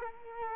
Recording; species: mosquito wingbeat signal from an infrared sensor; Culex quinquefasciatus